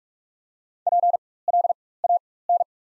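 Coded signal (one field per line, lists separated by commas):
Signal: Morse code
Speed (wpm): 42 wpm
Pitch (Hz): 700 Hz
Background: none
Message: PLAN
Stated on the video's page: Morse practice set of the top 500 words at 45 wpm with 4x character spacing, Farnsworth-style timing for moving from individual characters to whole words.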